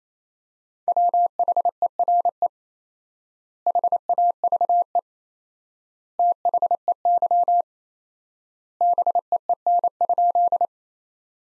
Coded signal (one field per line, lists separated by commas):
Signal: Morse code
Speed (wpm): 28 wpm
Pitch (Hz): 700 Hz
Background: none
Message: WHERE HAVE THEY BEEN?